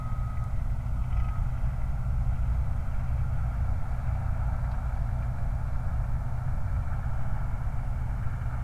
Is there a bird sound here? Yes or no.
no